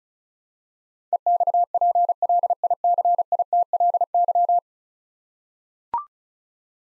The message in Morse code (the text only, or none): EXPLICITLY